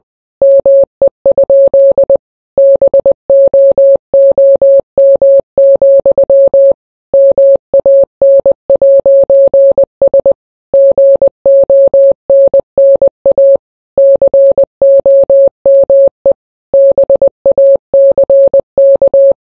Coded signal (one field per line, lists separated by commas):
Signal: Morse code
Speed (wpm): 20 wpm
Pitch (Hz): 550 Hz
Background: none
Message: ME? BOOM, MAN'S GONNA COME BACK